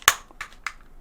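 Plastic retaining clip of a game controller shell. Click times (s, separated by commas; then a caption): 0.1 s. An internal plastic retaining clip in an Xbox Series S controller shell lets go with a sharp snap at 0.1 s as the plastic housing halves are pried apart with fingers and a pick during a bumper repair. Softer snaps follow near 0.4 s and 0.7 s. The clip releases and the shell pops open; it sounds like breaking, but nothing breaks.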